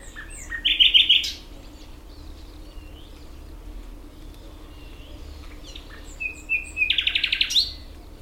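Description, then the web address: Common nightingale song: two bursts of rapid rattling trills separated by several seconds of soft, faint notes. "ambient nightingale"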